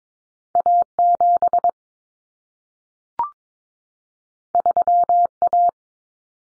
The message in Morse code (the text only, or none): A7 3A